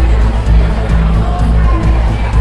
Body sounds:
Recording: background sound without coughing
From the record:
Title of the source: Party Noise 1 Hour Party Ambience

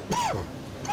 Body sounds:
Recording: coughing mixed with background sound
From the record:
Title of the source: Dry Coughing Fit in the Afternoon.

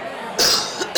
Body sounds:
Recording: coughing mixed with background sound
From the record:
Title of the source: November cold (wet coughing)

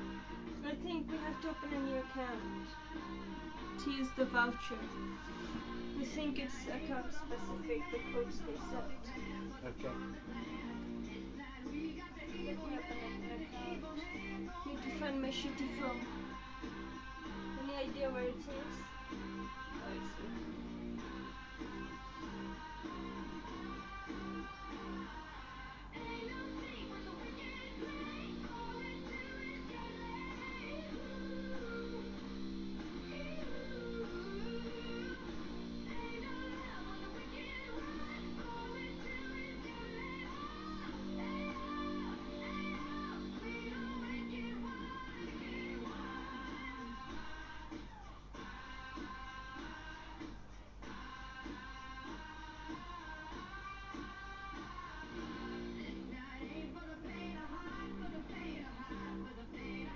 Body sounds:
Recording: background sound without coughing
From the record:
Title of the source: BackgroundMusic2

